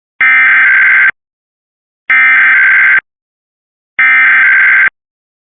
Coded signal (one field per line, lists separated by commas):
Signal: Emergency Alert System (SAME) tones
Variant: header bursts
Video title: Ohio Required Monthly Test EAS (Cox) 4/9/25